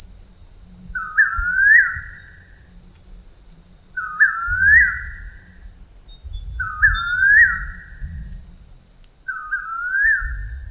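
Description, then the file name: Bird calling a rising, whistled upslur with a hooked end, repeated every few seconds over a steady high insect buzz and low rumble. "SABIOD 50 bird 2015"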